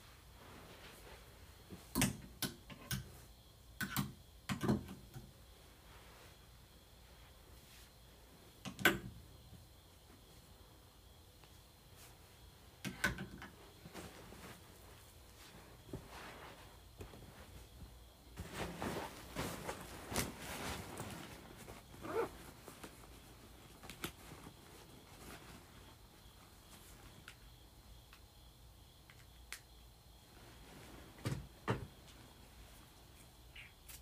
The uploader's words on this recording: ASMR Moving Various Items Around.